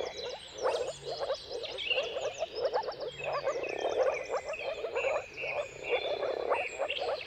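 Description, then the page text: Moor frogs in a dense chorus of soft, bubbling low calls overlapping continuously, with many birds singing whistled and trilled phrases above. Moor frogs giving mating calls in a dawn chorus at sunrise, at the turn of March and April depending on the weather; recorded by Jakub Orzecki. "Jakub-Orzecki moor frogs. Dawn’s Chorus: Mating Calls of Marsh Frogs at Sunrise. Depending on the weather at the turn of March and April, you can witness an amazing spectacle of moor frogs"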